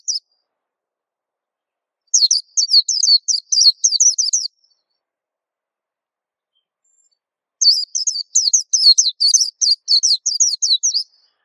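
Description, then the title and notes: White-eye song: a brief fragment, then two long bursts of rapid, high, tumbling twitters separated by a silent pause. Local name pleci; described as a long, melodious song. "Kicau Burung Pleci ampuh. suara burung pleci merdu panjan"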